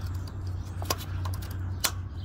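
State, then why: Seated. An electrical plug is pushed onto the AdBlue injector connector of a Peugeot 2008 after the injector was cleaned and refitted to fix an AdBlue problem with code P20E8. Over a steady low hum, a few small ticks and knocks come around 0.8 to 1.3 s, then a sharp, loud click at 1.9 s. The plug is seated and locked in place.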